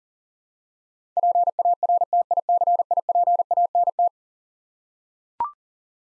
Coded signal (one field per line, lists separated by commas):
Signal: Morse code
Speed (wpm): 40 wpm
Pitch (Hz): 700 Hz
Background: none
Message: PARTICIPANT